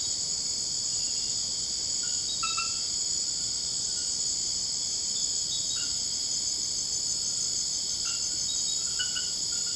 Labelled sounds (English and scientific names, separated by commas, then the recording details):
none
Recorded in secondary vegetation near Puerto Asís, Putumayo, Colombia, on 21 March 2025 at 00:00
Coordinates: 0.488, -76.319
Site G095